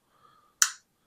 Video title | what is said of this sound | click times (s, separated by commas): Giginotosaurus-Hammond Collection Dinosaur Review (Jurassic Wolrd Dominion) | hear that click | 0.6 s